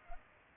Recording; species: mosquito wingbeat signal from an infrared sensor; Culex pipiens